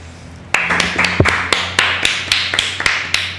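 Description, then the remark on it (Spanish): An applause sound effect starts abruptly: a steady wash of noise with about a dozen sharp, evenly spaced claps punching through at a brisk, regular rhythm, fairly loud throughout, with no talking. “Aplaudió la mitad y luego paró de aplaudir.”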